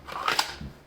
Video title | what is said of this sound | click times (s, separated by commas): Gun holsters--Kydex vs Leather??!! -- Which do you use for your gun? | has a nice click in it | 0.3 s, 0.4 s